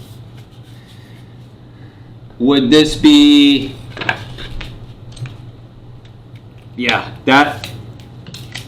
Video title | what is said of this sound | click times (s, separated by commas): Another Mystery Sword Unboxing | that's not coming out guys i mean i don't know if you heard that click but that's | 8.6 s